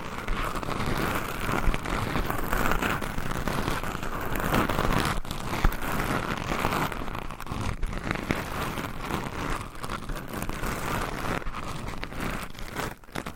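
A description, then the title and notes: Microphone scratching fills the whole stretch: a dense, crackling rasp of rubbing and scraping, much like rain pattering on a surface. It stays fairly steady in loudness, with scattered sharper clicks and brief dips near five seconds and again at the end. ASMR Mic Scratching - Brain Scratching with 6 Mics Asmr No Talking for Sleep with Long Nails.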